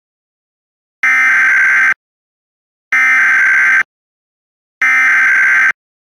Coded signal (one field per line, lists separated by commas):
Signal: Emergency Alert System (SAME) tones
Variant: header bursts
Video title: EAS Recreation (3/25/25): Washington State Amber Alert